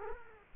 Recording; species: mosquito wingbeat signal from an infrared sensor; Culex quinquefasciatus